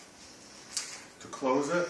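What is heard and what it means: The unlock bar on a folding stroller frame is pulled up to release the fold lock so the stroller can be closed, giving a single sharp clack at 0.8 s. The fold lock releases, and someone talks afterward.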